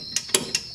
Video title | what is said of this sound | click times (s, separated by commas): how to replace tie rods (both inner and outer) | comment section just so everybody else knows from my research it was about 40 foot pounds and you hear that click means | 0.3 s